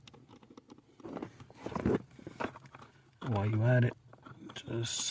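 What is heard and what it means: A plastic wiring harness connector is handled at the accelerator pedal position sensor on a Toyota/Scion while someone talks. Faint taps and rustling handling sounds come through between the speech, but the connector has not seated or clicked yet.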